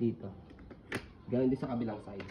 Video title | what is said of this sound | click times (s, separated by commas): Quinny Zapp Xtra 2 Stroller | so pagka evers niyo siya kahit bitawan niyo na po ito lock niya shoot niyo lang siya | 0.9 s